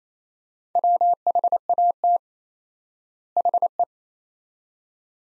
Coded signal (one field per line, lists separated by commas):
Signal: Morse code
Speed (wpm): 28 wpm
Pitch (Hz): 700 Hz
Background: none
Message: WHAT HE